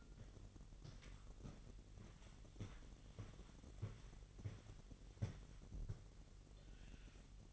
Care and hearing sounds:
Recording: daily activity, microphone in the room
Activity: walk to room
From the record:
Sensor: 4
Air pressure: 1013.0 hPa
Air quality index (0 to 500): 239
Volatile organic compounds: 4 ppm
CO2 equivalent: 1591 ppm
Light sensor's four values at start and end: 34/81/33/33 and 24/56/23/24

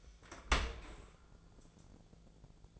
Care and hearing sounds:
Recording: daily activity, microphone in the room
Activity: open dishwasher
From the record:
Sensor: 5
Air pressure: 1000.6 hPa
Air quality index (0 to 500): 153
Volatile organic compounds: 2 ppm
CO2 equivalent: 1177 ppm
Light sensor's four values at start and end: 44/99/42/46 and 43/98/42/45

